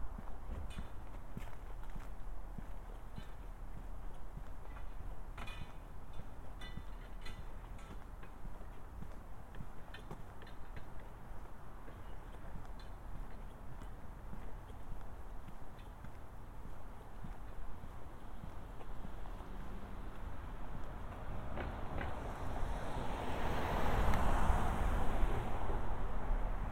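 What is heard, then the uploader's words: A walk outdoors, with a steady low rumble of the street underneath. Light tapping footsteps and small knocks recur throughout. In the last few seconds a vehicle approaches and passes, its whooshing noise swelling louder near the end. A binaural recording of a walk from our house to the Mount Vernon Public Library. It is located in downtown Mount Vernon, across from the Post Office and up the hill from the Mount Vernon East Metro North Station.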